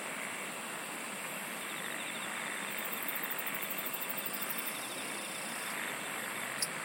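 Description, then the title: Insect chorus, a constant hiss with a rapid high pulsed trill in the middle, ending with a sharp click. "SINGING OF INSECTS"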